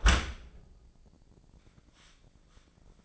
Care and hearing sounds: daily activity, microphone in the room; close dishwasher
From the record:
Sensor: 5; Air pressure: 1012.4 hPa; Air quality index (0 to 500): 156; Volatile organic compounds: 2 ppm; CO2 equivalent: 1059 ppm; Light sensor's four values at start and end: 115/275/117/132 and 115/276/117/132

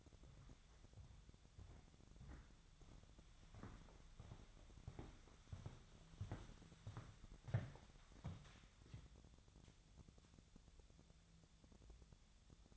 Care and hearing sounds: daily activity, microphone in the room; walk to room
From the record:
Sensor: 3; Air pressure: 999.9 hPa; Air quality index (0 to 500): 120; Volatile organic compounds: 2 ppm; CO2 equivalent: 1082 ppm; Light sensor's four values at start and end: 36/88/39/43 and 35/85/37/41

